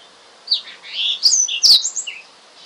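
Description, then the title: Oriental magpie-robin giving a short burst of whistled and slurred notes with two sharp clicks in the middle. "Kicau Kacer"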